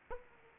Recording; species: mosquito wingbeat signal from an infrared sensor; Aedes aegypti